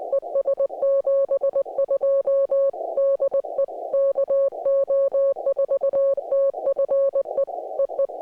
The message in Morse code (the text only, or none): ES 72 DE KO4TFE EE